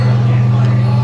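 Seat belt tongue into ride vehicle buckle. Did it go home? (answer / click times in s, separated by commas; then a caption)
no / none. A seat belt tongue is handled with the left hand near a ride vehicle buckle while a steady low hum and broad background noise continue. No sharp sounds occur, and nothing has seated or clicked yet.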